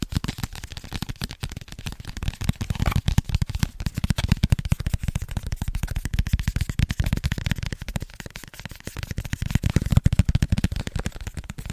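Fast, rhythmic tapping on Christmas presents, a dense unbroken stream of short dull knocks with crisp papery clicks, steady for the whole twelve seconds.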